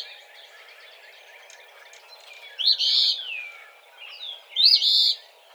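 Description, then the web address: Eastern phoebe calling: two loud buzzy, raspy phrases about two seconds apart, preceded by softer chirping notes. Recorded 17 March 2007. "Eastern Phoebe 2007 03 17"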